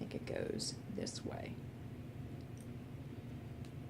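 Someone talks while lining up a micro SD card at the card slot of a GoPro action camera, turning it to find which way it goes before pushing it in. Only faint handling ticks are heard, around 2.6 s and 3.7 s. The card has not seated or clicked yet.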